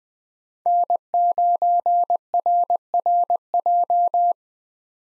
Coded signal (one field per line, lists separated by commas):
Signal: Morse code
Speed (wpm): 20 wpm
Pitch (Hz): 700 Hz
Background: none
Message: N9RRJ